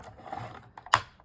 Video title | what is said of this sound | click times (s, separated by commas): Wanderlust Explorer Tunnel Album Tutorial using @49andmarket | there. We are having clicked in place. | 0.9 s